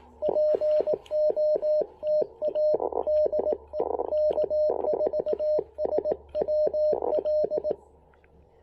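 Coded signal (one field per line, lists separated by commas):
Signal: Morse code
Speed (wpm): 18 wpm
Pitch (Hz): 610 Hz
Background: radio noise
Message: POTA D K4SWL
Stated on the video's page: QRP CW during a park activation on a (tr)uSDX with a BHI Dual In-Line DSP.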